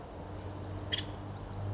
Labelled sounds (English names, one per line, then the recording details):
Nuttall's Woodpecker
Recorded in Sonoma County, California